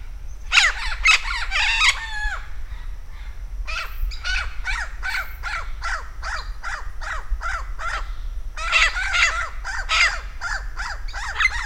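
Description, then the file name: Vinaceous-breasted amazon calling with a long run of loud, rasping squawks in rapid series, broken by one pause of over a second. Recorded in Campos do Jordão State Park, São Paulo state, Brazil, on 3 December 2009. "Amazona-vinacea-PECampos-do-Jordao SP-Brazil-3-12-09-ASilveira"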